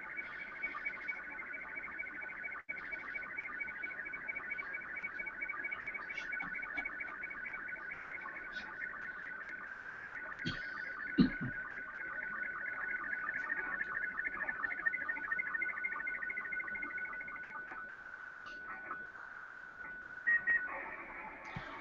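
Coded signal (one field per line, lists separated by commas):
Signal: SSTV (slow-scan television)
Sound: smeared, warbling tones between mid and high pitch under hiss, with a steady whine throughout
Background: radio static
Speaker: Some radio amateurs here who have the slow scan television in their phones have been able to decode the image just by using the iPhone and recording the sound returning.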